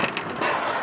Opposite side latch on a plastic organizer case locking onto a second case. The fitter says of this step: flip up the other latch here. Locks into place right there like that.